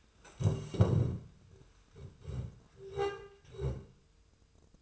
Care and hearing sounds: daily activity, microphone in the room; stand up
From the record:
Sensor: 2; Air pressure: 1004.9 hPa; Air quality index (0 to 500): 97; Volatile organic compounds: 2 ppm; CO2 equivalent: 1174 ppm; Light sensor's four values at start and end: 8/18/7/7 and 7/17/7/7

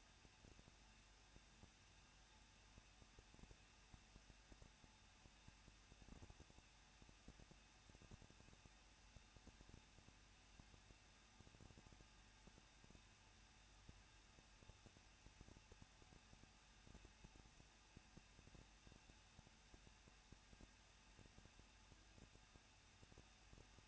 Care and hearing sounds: daily activity, microphone in the room; no activity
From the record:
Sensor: 2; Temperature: 21.0 degrees Celsius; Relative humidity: 37.3%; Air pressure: 1006.3 hPa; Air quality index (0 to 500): 220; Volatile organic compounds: 23 ppm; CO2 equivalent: 2782 ppm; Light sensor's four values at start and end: 2/3/2/2 and 2/3/2/2

